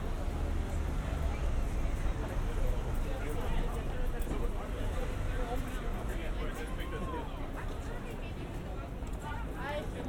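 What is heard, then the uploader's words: A busy Saturday night in London's West End: a steady, dense crowd murmur with overlapping voices, some standing out briefly around the middle and end. A low rumble of traffic runs underneath throughout, and the overall level stays constant with no clear pauses. The sounds of a Saturday night in London's busy West End.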